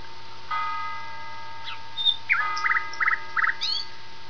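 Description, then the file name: Common nightingale song: a short whistle and swoop, then three quick buzzy note clusters repeated about every third of a second, with steady hum tones underneath. "usignolo"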